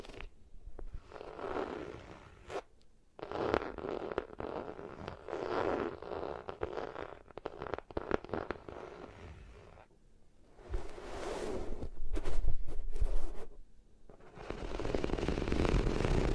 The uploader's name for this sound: Rubbing Your Ears on Different Materials